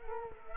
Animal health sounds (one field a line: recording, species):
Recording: mosquito wingbeat signal from an infrared sensor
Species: Culex quinquefasciatus